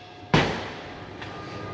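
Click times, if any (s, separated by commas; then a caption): 0.3 s. A torque wrench tightens a bolt on the final drive of a 450 Deere dozer until it clicks off at its setting. A sharp click is heard at 0.3 s, followed by a fading ring and a fainter tick around 1.2 s. The bolt is confirmed tightened to torque.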